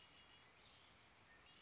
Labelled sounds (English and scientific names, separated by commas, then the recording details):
Red-winged Blackbird (Agelaius phoeniceus)
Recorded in Sonoma County, California